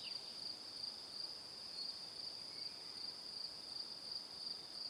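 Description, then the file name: Continuous high cricket chirping, pulsed about three times a second, over steady quiet hiss. Evening. "Calm - Evening Crickets"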